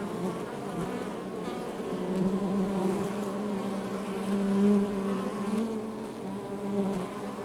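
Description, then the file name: Honey bees droning steadily, the low buzz swelling in the middle with brief, brighter hums. Outside the hive. "Ruche Exterieur"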